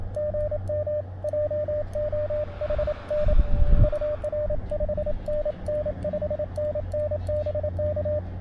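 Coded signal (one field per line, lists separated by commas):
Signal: Morse code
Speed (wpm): 25 wpm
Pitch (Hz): 600 Hz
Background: radio noise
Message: GM JOHN UR 5NN 5NN BK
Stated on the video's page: CW SOTA activation with an Elecraft KX2, Spooltenna Ultra antenna and Palm Pico paddle.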